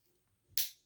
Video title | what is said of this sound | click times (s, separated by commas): Transformers Legacy Armada animation series Hotshot Review | snap like that so it's going to be closed | 0.6 s